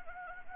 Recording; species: mosquito wingbeat signal from an infrared sensor; Anopheles gambiae